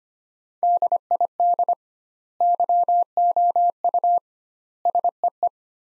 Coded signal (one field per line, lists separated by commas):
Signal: Morse code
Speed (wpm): 25 wpm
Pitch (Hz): 700 Hz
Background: none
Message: DID YOU SEE